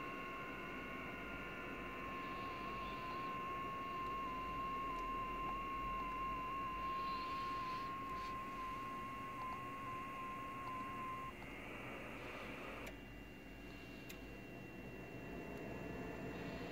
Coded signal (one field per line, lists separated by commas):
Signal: FT8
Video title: Z81D, South Sudan, AFRICA, FT8, Worked by HL2WA